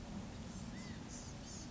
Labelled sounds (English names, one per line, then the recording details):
California Quail
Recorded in Sonoma County, California